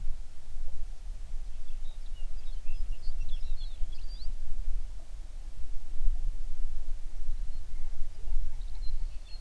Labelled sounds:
songbird
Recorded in the Prudhoe Bay oil fields, Alaska, on 11 June 2019 at 05:01
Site 21

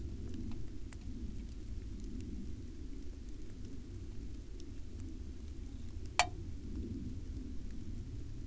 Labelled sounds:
bird, aircraft, insects, weather or water
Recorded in the Arctic National Wildlife Refuge, Alaska, on 31 July 2019 at 01:58
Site 44

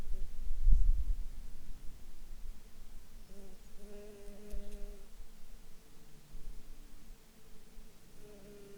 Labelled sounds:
bird, insects
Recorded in Ivvavik National Park, Yukon, on 29 June 2019 at 20:17
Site SINP09

